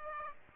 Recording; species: mosquito wingbeat signal from an infrared sensor; Aedes aegypti